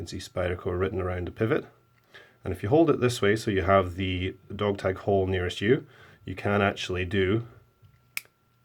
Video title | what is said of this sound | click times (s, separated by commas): Mystery Review: Spyderco EDC Knife | You hear it snap into place there. | 8.2 s